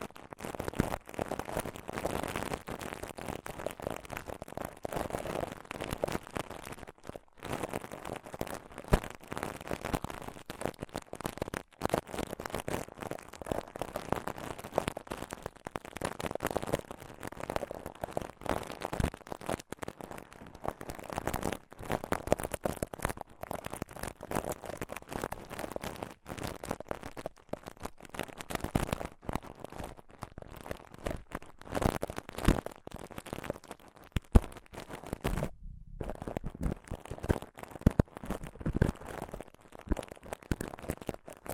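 Mic scratching and touching fills the whole 42 seconds, a dense, restless stream of rough scraping and crackly rubbing with constant sharp clicks and taps. The sound is mostly mid-toned with a gritty hiss above, dropping out briefly in short gaps, one near 36 seconds.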